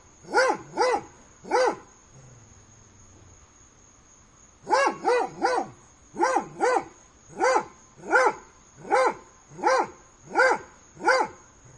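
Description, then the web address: Dog barking: three quick barks, a pause, then a long run of sharp barks, with a faint constant high whine in the background. Dog barking on a summer day. "aboiement de chien un jour dete"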